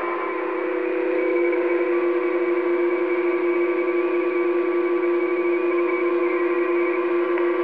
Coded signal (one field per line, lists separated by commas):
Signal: PSK31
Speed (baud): 31.25 baud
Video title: PSK31 Mode